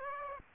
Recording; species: mosquito wingbeat signal from an infrared sensor; Aedes aegypti